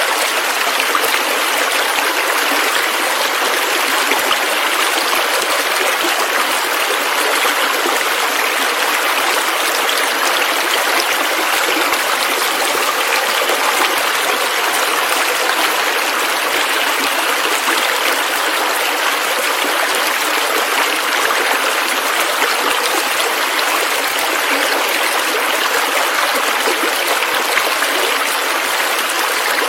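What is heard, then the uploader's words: Water trickles steadily between mountain rocks, a dense, bright splashing that stays even throughout, with no lows and no pauses. The trickle between the cracks in the mountains and rocks in summer.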